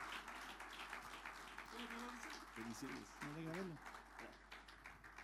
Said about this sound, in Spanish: usted brinde ese fuerte aplauso para el Señor.